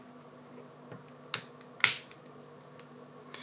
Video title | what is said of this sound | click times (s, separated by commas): Xiaomi Redmi Note 10 PRO / Replace Battery & battery cover glass | Hear the clicking sounds. | 1.3 s, 1.8 s